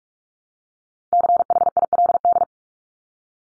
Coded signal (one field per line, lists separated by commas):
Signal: Morse code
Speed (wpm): 44 wpm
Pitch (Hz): 700 Hz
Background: none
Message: CHILD